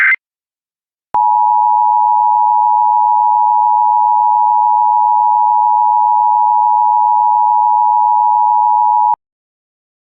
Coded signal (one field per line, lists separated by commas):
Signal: Emergency Alert System (SAME) tones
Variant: 853 and 960 Hz attention tone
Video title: EAS Child Abduction Emergency (AMBER Alert) Dickson County, Tennessee Statewide Alert (Found Safe)